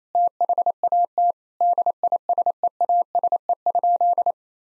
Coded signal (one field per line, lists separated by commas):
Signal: Morse code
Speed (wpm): 28 wpm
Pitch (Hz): 700 Hz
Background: none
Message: THAT DISEASE?